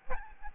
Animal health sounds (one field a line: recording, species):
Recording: mosquito wingbeat signal from an infrared sensor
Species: Aedes albopictus